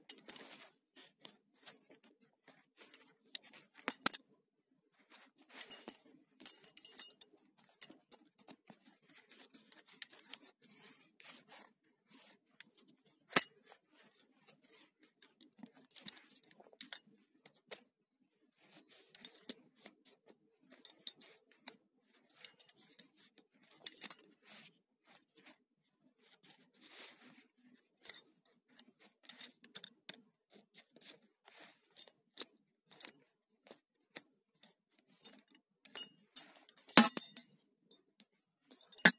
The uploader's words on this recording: ASMR - Belt sounds.